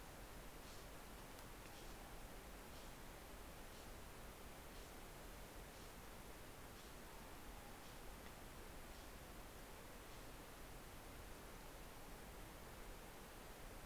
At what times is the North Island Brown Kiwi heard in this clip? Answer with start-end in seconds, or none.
none